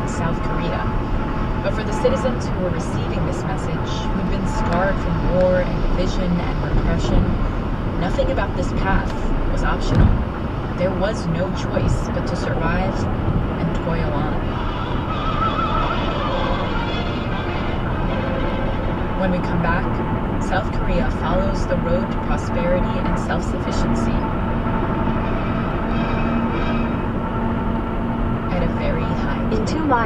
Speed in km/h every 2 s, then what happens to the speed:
118, 118, 118, 119, 118, 118, 118, 119, 119, 121, 121, 121, 122, 122, 122.
0-30 steady at about 119.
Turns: none.